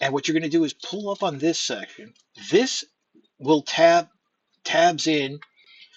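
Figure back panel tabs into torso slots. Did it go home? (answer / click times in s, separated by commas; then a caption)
no / none. Someone talks while handling the upper back section of a plastic Transformers Studio Series TFOne B-127/Bumblebee transforming figure, pulling it up so its two tabs can go into slots in the torso. Only speech is heard, with quiet pauses between phrases. Nothing has seated or clicked yet by the end of the clip.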